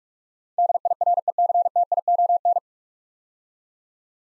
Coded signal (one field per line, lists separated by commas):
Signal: Morse code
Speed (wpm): 42 wpm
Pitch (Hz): 700 Hz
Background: none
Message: DIRECTION